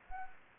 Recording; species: mosquito wingbeat signal from an infrared sensor; Anopheles gambiae